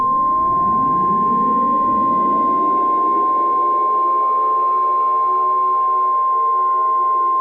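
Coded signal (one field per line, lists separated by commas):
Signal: Emergency Alert System (SAME) tones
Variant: 1050 Hz attention tone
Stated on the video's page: Made-up emergency alert scenario.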